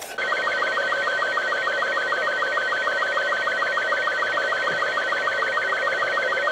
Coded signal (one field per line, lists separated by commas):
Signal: SSTV (slow-scan television)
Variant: Robot 36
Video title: Hear 27 & 28 MHz action with just 2 transistors